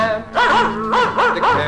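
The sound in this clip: Terrier barking: several sharp barks in quick succession, each with a ringing harmonic tone.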